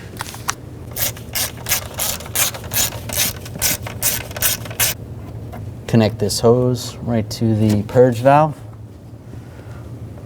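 A plastic vapor hose quick-connect is handled at the purge valve nipple on a 2010–2016 Buick LaCrosse during a spark plug replacement. Rapid ratcheting bursts fill the first five seconds, then someone talks. Nothing has seated or clicked yet.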